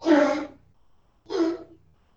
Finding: Little dog coughing.